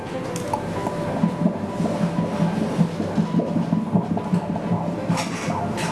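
Fetal heartbeat heard by prenatal ultrasound Doppler during an ultrasound exam: a rapid, steady pulsing rhythm at a normal fetal heart rate, about twice as fast as an adult's heartbeat.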